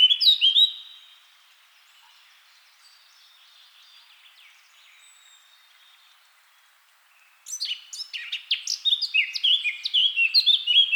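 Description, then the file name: Eurasian blackcap song: a brief loud warble, a long quiet stretch, then a fast, tumbling sequence of bright, varied notes. "Sylvia atricapilla"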